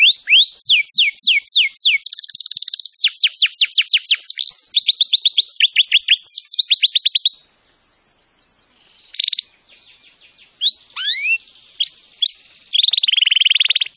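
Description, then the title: Canary song: rapid trills of down-slurred whistled notes, buzzy rolls and sweeping phrases, with a pause near seven seconds before scattered chirps and a closing trill. "Kenari Gacor"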